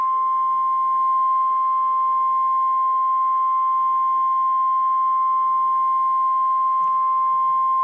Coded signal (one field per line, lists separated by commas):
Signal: Emergency Alert System (SAME) tones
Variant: 1050 Hz attention tone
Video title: REAL EAS 665-Severe thunderstorm warning